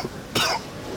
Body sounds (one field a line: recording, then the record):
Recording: coughing mixed with background sound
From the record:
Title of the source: Coughing 60